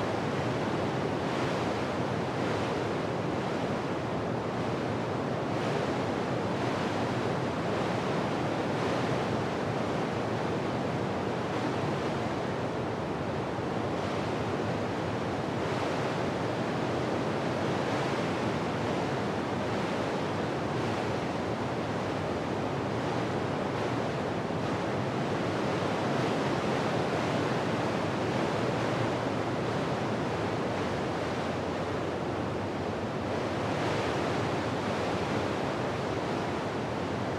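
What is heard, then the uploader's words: Gentle swirling wind blows in a steady, dense rush with small flutters and a slightly brighter swell near the thirty-three second mark. Gentle Swirling WInds.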